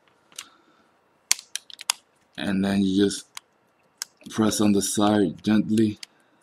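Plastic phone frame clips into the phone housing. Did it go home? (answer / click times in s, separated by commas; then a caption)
no / none. While a Samsung Galaxy S4 smartphone is being reassembled, the plastic phone frame is handled and pressed gently on the side so its snap clips can lock into the housing. A few short, sharp ticks and taps are heard between about 0.4 and 1.9 seconds and again at 4.0 seconds, while someone talks. Nothing has seated or clicked yet.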